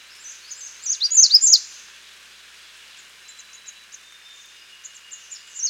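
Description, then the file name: American redstart song: a quick high series of sharp down-slurred notes lasting under a second, followed by faint scattered high chips. "Setophaga ruticilla - American Redstart"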